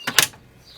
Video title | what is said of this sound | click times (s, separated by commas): Location avec Yescapa d'un fourgon aménagé Pössl 2 win plus avec la motricité renforcée Poclain | et là il est bien verrouillé et on règle la distance par rapport au volant | 0.2 s